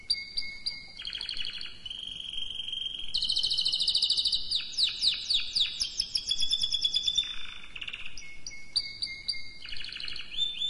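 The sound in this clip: Canary song of varied rapid trills and sweeping whistled notes, changing tour every few seconds.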